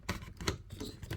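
A plastic cape piece is pushed onto the back of a Bandai S.H. Figuarts Dragon Ball Z King Cold action figure, a fit expected to be stiff and difficult. It clicks into place at 0.1 s, and a second sharp plastic tick follows at 0.5 s amid light handling noise. The cape is confirmed seated.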